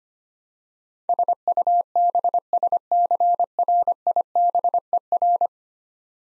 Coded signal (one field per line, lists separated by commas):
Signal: Morse code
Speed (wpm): 25 wpm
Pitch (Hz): 700 Hz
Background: none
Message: SUBSCRIBER